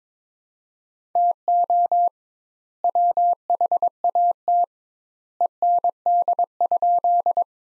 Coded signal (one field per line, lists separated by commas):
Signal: Morse code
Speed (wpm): 21 wpm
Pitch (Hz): 700 Hz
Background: none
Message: TO WHAT END?